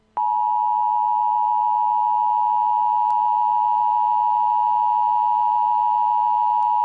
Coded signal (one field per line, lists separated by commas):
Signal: Emergency Alert System (SAME) tones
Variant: 853 and 960 Hz attention tone